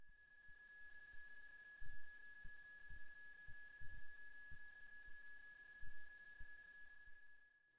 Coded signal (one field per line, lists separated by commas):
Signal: PSK31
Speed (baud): 31.25 baud